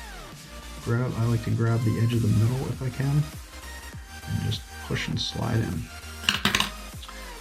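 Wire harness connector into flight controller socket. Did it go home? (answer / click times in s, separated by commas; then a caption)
yes / 6.3 s. A small plastic wire-harness plug is gripped by the middle of its edge, then pushed and slid into its header socket on an F7 flight controller board for a 5-inch Armattan Rooster freestyle build. Someone talks over background music. A sharp click at 6.3 s, followed by a few small ticks, shows the connector seating.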